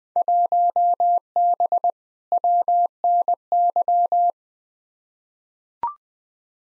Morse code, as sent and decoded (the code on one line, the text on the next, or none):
.---- -... / .-- -. -.--
1B WNY